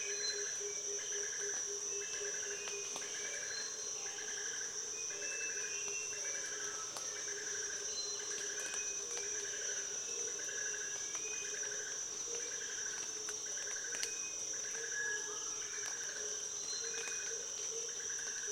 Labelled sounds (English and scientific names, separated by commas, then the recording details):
Speckled Tinkerbird (Pogoniulus scolopaceus)
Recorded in Kibale, Uganda